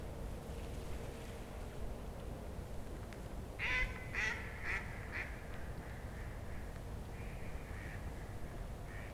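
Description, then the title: Duck quacking, a quick burst of four or five loud harsh calls followed by softer repeated quacks, over a steady low rumble. Hundreds of ducks together at Ostankino Park in Moscow, Russia. "Парк Останкино, Москва, Россия - hundreds of ducks"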